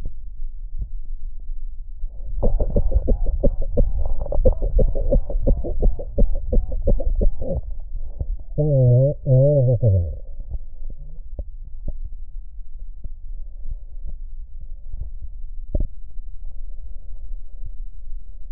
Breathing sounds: lung sounds by stethoscope; right posterior basal chest; quiet breathing, then cough and speech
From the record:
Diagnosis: COPD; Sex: male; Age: 70 years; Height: 183 cm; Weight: 116 kg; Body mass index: 34.6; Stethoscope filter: extended mode

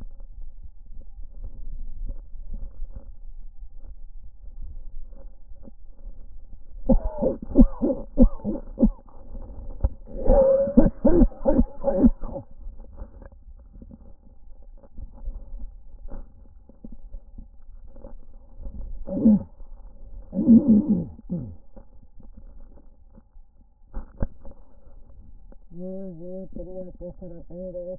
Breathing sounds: lung sounds by stethoscope; right posterior basal chest; quiet breathing, then cough and speech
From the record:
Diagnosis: pulmonary infection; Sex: female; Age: 74 years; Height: 160 cm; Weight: 66 kg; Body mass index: 25.8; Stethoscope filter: diaphragm mode

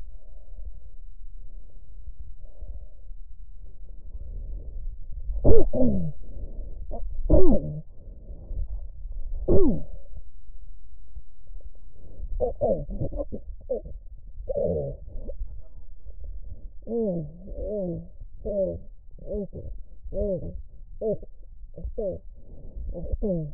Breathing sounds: lung sounds by stethoscope; left posterior apical chest; quiet breathing, then cough and speech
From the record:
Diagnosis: interstitial lung disease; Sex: female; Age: 72 years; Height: 153 cm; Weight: 71 kg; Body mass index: 30.3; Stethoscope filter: extended mode

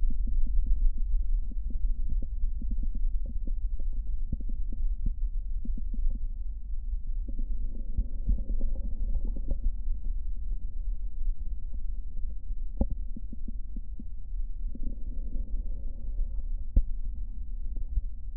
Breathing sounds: lung sounds by stethoscope; left posterior basal chest; quiet breathing, then deep breathing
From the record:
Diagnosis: asthma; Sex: female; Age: 65 years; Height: 157 cm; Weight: 70.2 kg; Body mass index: 28.5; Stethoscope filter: diaphragm mode

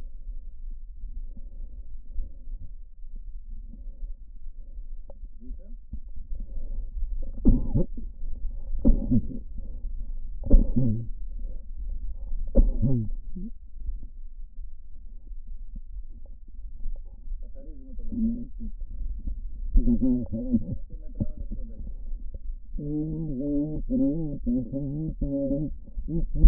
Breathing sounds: lung sounds by stethoscope; right posterior apical chest; quiet breathing, then cough and speech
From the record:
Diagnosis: COPD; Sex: female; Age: 80 years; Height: 160 cm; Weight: 62 kg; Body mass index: 24.2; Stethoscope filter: diaphragm mode

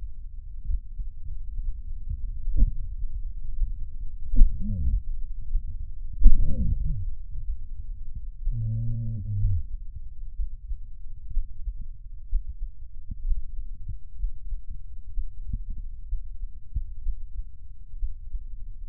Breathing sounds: lung sounds by stethoscope; left anterior apical chest; quiet breathing, then cough and speech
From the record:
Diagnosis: COPD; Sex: male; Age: 69 years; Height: 162 cm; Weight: 124.8 kg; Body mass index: 47.6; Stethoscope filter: bell mode

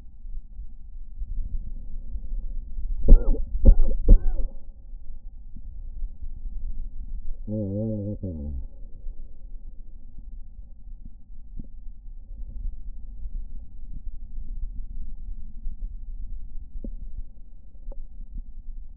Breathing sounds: lung sounds by stethoscope; right anterior apical chest; quiet breathing, then cough and speech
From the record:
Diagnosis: COPD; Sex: male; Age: 60 years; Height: 171 cm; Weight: 59.4 kg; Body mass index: 20.3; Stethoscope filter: diaphragm mode

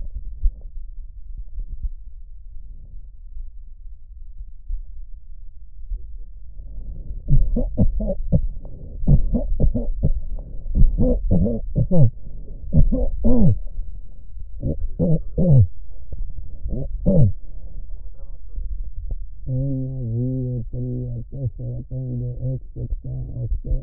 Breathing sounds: lung sounds by stethoscope; left posterior apical chest; quiet breathing, then cough and speech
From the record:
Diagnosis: pulmonary infection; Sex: male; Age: 86 years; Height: 165 cm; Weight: 65 kg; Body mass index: 23.9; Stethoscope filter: extended mode

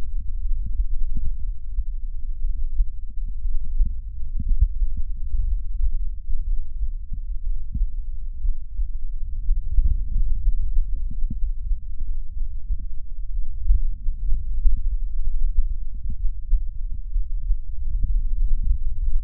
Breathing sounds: lung sounds by stethoscope; right anterior apical chest; quiet breathing, then deep breathing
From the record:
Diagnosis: COPD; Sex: female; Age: 65 years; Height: 156 cm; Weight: 63.9 kg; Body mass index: 26.3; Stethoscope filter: bell mode

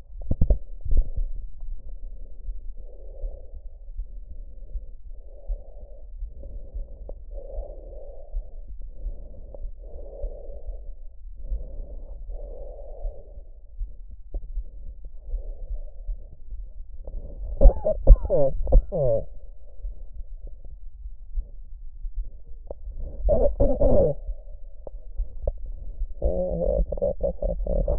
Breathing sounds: lung sounds by stethoscope; trachea; quiet breathing, then cough and speech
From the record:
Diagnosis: COPD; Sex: female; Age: 72 years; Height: 156 cm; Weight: 72 kg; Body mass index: 29.6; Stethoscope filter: extended mode

